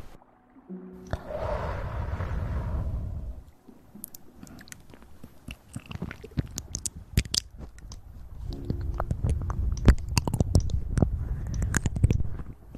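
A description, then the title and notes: Fast mouth sounds fill the clip: a dense burst of wet, smacking noise in the first few seconds, then rapid clicks and pops that come thick and sharp from about four seconds on. Crisp, with a low, rumbling undertone beneath the clicking. Fastest Mouth Sounds.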